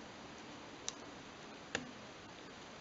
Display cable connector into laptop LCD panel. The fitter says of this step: a little click a little pop sound hopefully